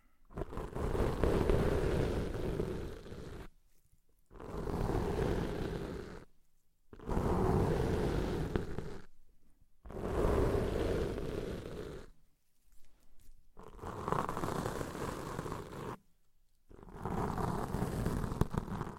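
Deep ear cleaning sounds come in six long, loud bursts of muffled rumbling and scraping, each lasting about two to three seconds. Short silent gaps separate the bursts. The noise is heavy in the lows with a rough, rustling hiss on top.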